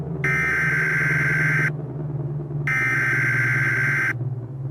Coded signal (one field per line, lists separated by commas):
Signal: Emergency Alert System (SAME) tones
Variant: header bursts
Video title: The Final Battle (EAS Scenario)